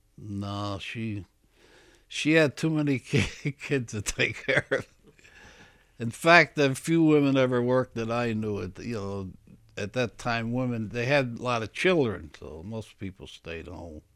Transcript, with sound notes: No, she, she had too many kids to take care of. (he laughs) In fact, few women ever worked that I knew at, you know, at that time women, they had a lot of children so most people stayed home.